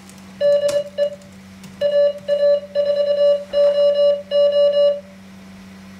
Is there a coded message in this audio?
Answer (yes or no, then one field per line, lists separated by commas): yes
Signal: Morse code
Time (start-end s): 0.4-4.9 s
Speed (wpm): 22 wpm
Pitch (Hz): 580 Hz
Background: none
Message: DE AA4OO